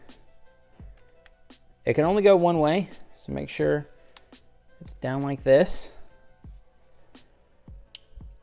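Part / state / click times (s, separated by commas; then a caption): tune harness connector into factory sensor connector / seated / 8.0 s. Someone talks while a JB4 tune harness connector is pushed down onto the existing engine sensor connector of a BMW F10 M5. A sharp click sounds at 7.9 s as the connector latches and seats.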